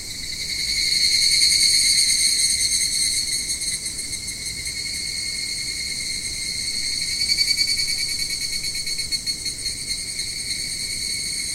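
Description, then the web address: Evening cicada chorus, a high metallic ringing that rises to a peak early on, eases off, then swells again. "sikioto insect higurashi"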